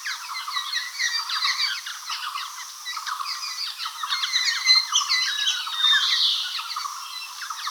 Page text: White-Cheeked Laughingthrush Flock Call - Quick Sounds